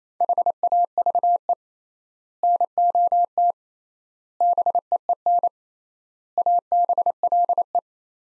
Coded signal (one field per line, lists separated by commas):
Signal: Morse code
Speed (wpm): 27 wpm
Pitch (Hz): 700 Hz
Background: none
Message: HAVE NOT BEEN ABLE